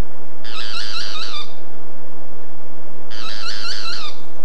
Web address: cantos pitangua